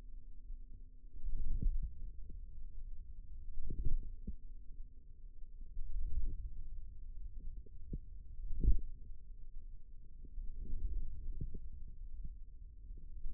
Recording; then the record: forearm muscle sounds (acoustic myography)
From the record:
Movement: hand closing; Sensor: system 2, bracelet of six BSWA MPA416 microphones around the upper forearm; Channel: 4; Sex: female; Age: 22 years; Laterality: right